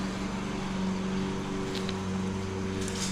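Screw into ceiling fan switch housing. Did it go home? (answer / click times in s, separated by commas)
no / none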